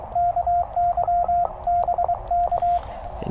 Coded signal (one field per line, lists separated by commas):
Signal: Morse code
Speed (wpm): 22 wpm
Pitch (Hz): 700 Hz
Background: radio noise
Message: KY BK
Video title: Beating the rain | CW QRP POTA at US-3786 #hamradio #amateurradio #morsecode